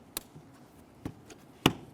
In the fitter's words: press that in listen for a click double check to make sure that cable is secured and it will not fall out